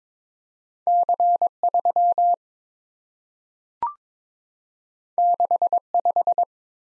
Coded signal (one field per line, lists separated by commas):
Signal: Morse code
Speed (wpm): 22 wpm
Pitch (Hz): 700 Hz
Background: none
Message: C3 65